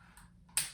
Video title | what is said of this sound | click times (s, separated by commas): ROKSTEDi P226 Bipod vs Competitor Bipod | So this slides on and snaps into place | 0.6 s